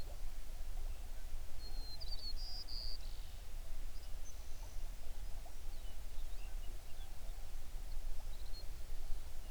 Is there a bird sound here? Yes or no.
yes